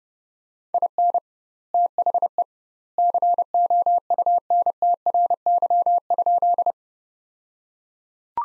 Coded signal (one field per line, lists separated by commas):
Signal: Morse code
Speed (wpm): 30 wpm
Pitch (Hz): 700 Hz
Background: none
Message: IN THE COUNTRY?